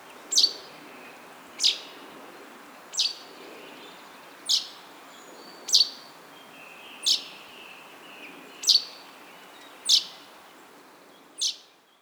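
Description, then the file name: Common chaffinch repeating a clipped, bright call note at slightly uneven gaps of a little over a second, nine notes over a soft steady hiss. "Fringilla coelebs"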